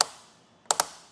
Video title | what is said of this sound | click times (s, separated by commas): etrailer - Installing the Yakima BaseLine Roof Rack for Naked Roofs on your 2022 Toyota Tacoma | if you hear that click just make sure you do that on both parts or both bolts | 0.0 s, 0.7 s